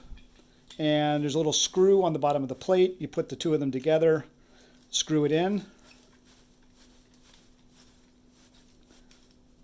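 Someone talks while a quick-release plate is screwed onto a telescope with the small screw on its bottom, and its tab is pushed down to prepare it for the tripod head. After the talking, only a steady low hum and a few faint, brief handling sounds are heard. The plate is still only being handled and lined up; it has not been slid into the tripod head and nothing has clicked yet.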